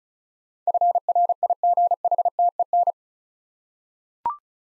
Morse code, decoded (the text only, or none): FRIGHTEN